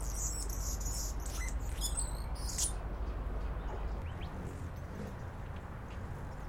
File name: annas hummingbird